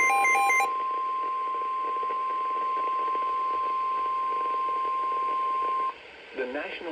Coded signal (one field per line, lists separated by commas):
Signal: Emergency Alert System (SAME) tones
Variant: 1050 Hz attention tone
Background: speech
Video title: KXI48 ILX Severe Thunderstorm Warning EAS #220 (5/4/26)